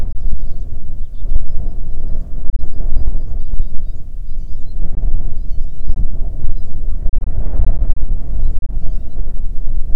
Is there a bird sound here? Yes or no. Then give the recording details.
yes. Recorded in the Prudhoe Bay oil fields, Alaska, on 9 June 2019 at 17:21. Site 21